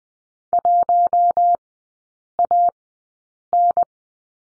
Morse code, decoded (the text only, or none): 1AN